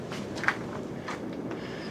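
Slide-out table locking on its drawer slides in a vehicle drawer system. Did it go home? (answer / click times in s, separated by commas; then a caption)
yes / 0.4 s, 0.5 s. A pull-out table on full-extension drawer slides in a wooden overland drawer system in a vehicle is pulled out and locks into its extended position. A sharp double click is heard at 0.4 and 0.5 seconds, and the table locks into place.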